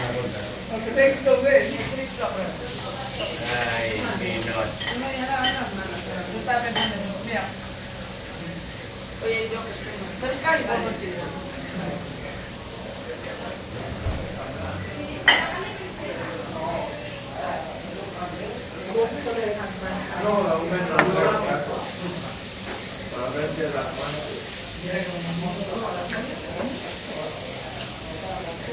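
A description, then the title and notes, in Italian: Chatter fills a bar in Barcelona, many voices talking over one another in a steady, dense murmur. Occasional sharp clinks and brief hisses cut through, the loudest near 15 and 21 seconds, while the babble keeps an even level throughout. In un bar di Barcellona. L’esotico cicalecchio di un bar di Barcelona.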